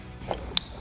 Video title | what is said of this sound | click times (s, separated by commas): ALL NEW 2020+ Ford Super Duty Morimoto XB Headlight Install & Review - Headlight Revolution | we'll plug in our turn signals here making sure you hear that distinctive click | 0.6 s